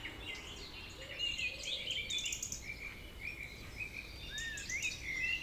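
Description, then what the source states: Birds singing with bright chirps and short whistles, several singers overlapping against a hissy, noisy background. Village birds singing in the evening around 8 pm, humid weather, April 2019, Tregastel, Pleumeur-Bodou, France; recorded with MKH 8040 ORTF pair, Rycote ORTF, Zoom H5.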